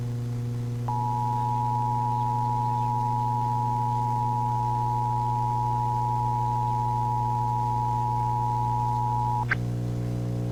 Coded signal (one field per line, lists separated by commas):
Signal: Emergency Alert System (SAME) tones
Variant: 853 and 960 Hz attention tone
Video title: EAS 129 SVR